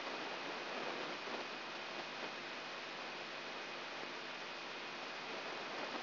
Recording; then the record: brain microelectrode recording played as sound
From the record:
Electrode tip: outside the subthalamic nucleus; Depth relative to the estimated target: 2.5 mm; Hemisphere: left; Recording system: AlphaMap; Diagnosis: Parkinson's disease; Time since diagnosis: 8 years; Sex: male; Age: 59 years